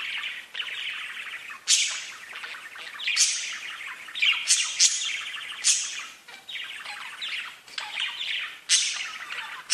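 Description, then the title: Budgerigar chatter with high sharp squawks rising above a busy warble of chirps, loud bursts recurring throughout. "Budgie Sounds"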